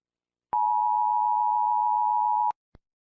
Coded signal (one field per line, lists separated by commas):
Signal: Emergency Alert System (SAME) tones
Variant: 853 and 960 Hz attention tone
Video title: St. Patricks Day Special) EAS Short Scenario 18 - Unlucky Serial